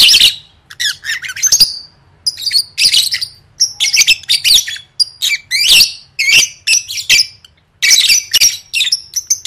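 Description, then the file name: Lovebird squawks, harsh shrill screeches and squeaky chirps in quick irregular bursts, almost continuous throughout. "tieng vet mau don"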